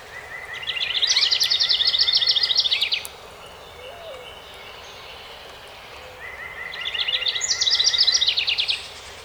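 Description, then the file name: House wren singing two long bubbling songs of fast, rattling trills, with a brief low note between them. Recorded on 12 May 2018. "2018-05-12 HOWR"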